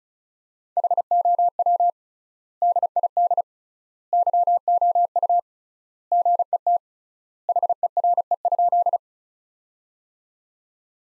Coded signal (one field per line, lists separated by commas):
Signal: Morse code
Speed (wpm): 36 wpm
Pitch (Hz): 700 Hz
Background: none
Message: HOW DID YOU GET HERE?